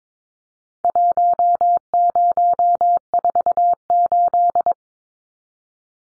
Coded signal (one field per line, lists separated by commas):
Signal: Morse code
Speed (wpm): 22 wpm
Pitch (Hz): 700 Hz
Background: none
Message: 1048